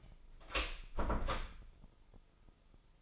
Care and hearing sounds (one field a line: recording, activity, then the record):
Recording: daily activity, microphone in the room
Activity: close door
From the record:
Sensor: 5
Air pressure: 996.3 hPa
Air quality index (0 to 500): 49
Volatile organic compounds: 1 ppm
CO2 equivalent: 786 ppm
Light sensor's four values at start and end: 42/98/40/42 and 42/98/41/43